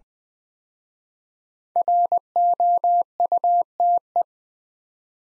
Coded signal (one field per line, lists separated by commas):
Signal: Morse code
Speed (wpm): 20 wpm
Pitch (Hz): 700 Hz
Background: none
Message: ROUTE